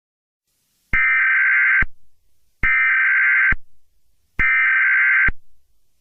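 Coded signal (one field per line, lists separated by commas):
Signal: Emergency Alert System (SAME) tones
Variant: header bursts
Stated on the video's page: Fictional EAS scenario based on a film creature, not a real alert.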